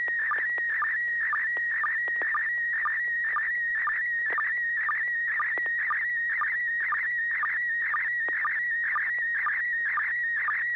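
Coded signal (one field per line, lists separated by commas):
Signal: SSTV (slow-scan television)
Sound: warbling tone shifting pitch steadily, with short low blips about twice per second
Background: low hum, FM radio clicks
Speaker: you ready to send us a picture was their tone was tone [Music] [Music]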